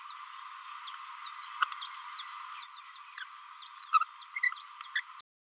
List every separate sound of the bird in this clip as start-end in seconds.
1.62-1.64, 3.93-4.04, 4.34-4.40, 4.43-4.51, 4.96-5.00